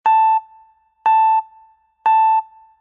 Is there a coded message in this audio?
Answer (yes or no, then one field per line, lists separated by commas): no